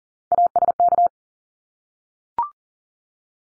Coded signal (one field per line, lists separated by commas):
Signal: Morse code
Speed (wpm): 40 wpm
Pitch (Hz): 700 Hz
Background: none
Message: ASK